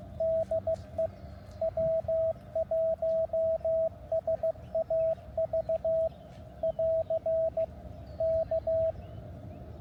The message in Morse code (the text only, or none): DE W1SAV <AR> K